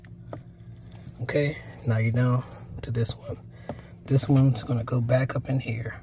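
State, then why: Seated. The plastic locking lever on a harness plug in a Tesla audio (speaker) connector is pressed closed after the plug is pushed fully in, giving a short sharp click at 0.3 s as it locks. Someone talks afterward, and the connector lever is seated shut.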